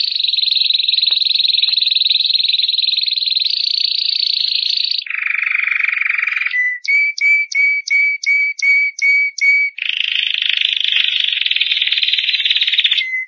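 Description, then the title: Canary song: a long, rich, fast trill, a lower buzzy roll, then several crisp repeated notes, and finally another rapid sustained trill. Champion singing canary. "Kicau Burung Kenari Juara"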